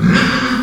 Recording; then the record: squeal of a Yucatan mini pig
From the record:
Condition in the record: after surgery on the right vocal fold (resection and tissue-engineered implant); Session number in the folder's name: 14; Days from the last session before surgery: 133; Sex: female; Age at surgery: 19 weeks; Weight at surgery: 25 kg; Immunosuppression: prednisolone